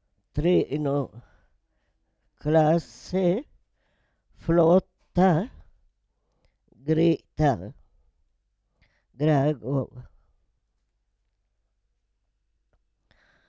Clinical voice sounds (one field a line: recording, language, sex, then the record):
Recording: read list of words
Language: Italian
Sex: female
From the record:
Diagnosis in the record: Parkinson's disease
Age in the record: 78 years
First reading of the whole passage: 164 s, 3.2 characters per second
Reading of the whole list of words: 108 s, 2.6 characters per second